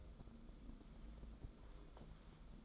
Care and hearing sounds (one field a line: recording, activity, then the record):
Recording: daily activity, microphone in the room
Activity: take from stove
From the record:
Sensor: 5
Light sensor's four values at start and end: 44/133/53/58 and 44/134/53/58